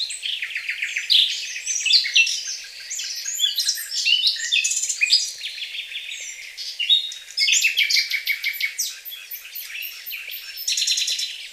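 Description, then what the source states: Nightingale singing a varied, rich song of rapid repeated notes, trills and sharp whistled phrases, pausing briefly between bursts. At a contest.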